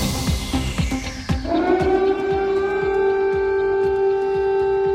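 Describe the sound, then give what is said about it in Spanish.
An air raid siren in Ukraine at dawn sounds a steady, sustained wail that rises and settles into a constant tone, with faint intermittent knocking or clatter underneath and no talking. The alarms went off in Kyiv and the south of the country as the Russian army attacked, hours after the Easter truce ended. “Apenas unas horas después del fin de la tregua de Pascua impulsada por Putin, el ejército ruso ha hecho saltar las alarmas antiaéreas en la capital y en el sur del país.”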